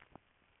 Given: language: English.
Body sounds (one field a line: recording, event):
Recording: throat vibration sensor signal played as sound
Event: swallow